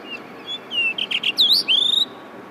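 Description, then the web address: Blue rock thrush song: a short run of clear whistled notes, some slurred and warbling, the last a long, even whistle. "izumino saunndo isohiyo"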